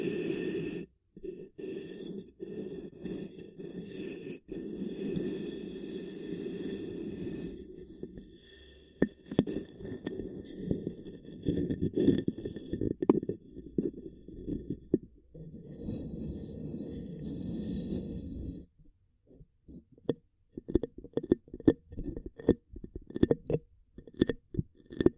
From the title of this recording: Extremely Tingly Ear Cupping Triggers